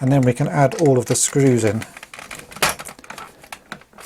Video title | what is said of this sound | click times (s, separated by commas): Vintage MOTU Spydor - Repair and Stickers - Toy Polloi | posts out of the way and just keep going until it clicks in place | 2.6 s